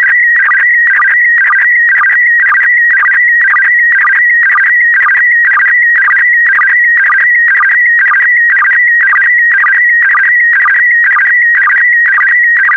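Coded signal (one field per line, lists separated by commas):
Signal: SSTV (slow-scan television)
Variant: PD120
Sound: warbling, chirpy tone shifting pitch with a rhythmic low blip about twice a second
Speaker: complete you can now check your decoded image against the picture that is shown on the video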